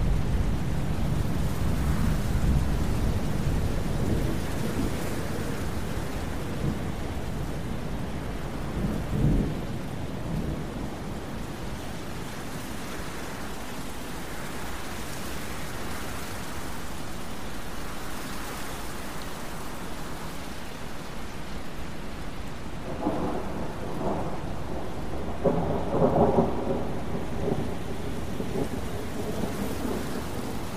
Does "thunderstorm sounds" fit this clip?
yes